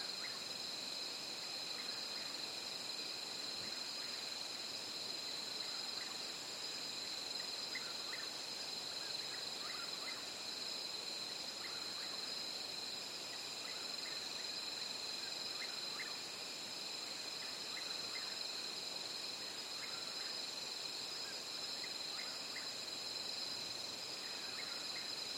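A night chorus in the Everglades, carried by a dense, unbroken shimmer of insects singing in several high, steady layers. Faint short chirps and calls flicker underneath at irregular moments, while the low end stays quiet and the overall level never changes.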